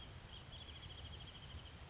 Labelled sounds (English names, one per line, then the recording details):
Wrentit
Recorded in Sonoma County, California